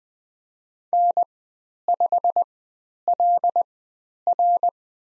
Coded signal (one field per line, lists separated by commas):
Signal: Morse code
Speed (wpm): 20 wpm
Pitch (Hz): 700 Hz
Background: none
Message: N5LR